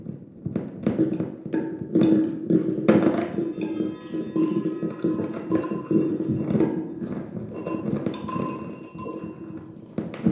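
An improvisation on a tabletop of junk: continuous dense clatter of taps, thuds and rattles, with bright metallic ringing tones sounding repeatedly throughout.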